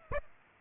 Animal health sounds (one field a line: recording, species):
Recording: mosquito wingbeat signal from an infrared sensor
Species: Aedes aegypti